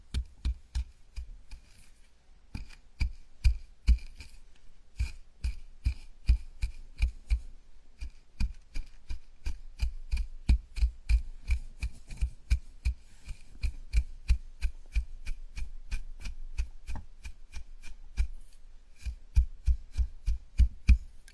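A scalp massage made of quick, dry tapping and rubbing strokes, coming in a steady, dense rhythm of several per second for the whole stretch. Each stroke has a soft low thump with a crisp, bright edge, and the pace barely changes.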